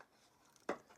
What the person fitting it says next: And you can kind of feel them when they click into place for charging.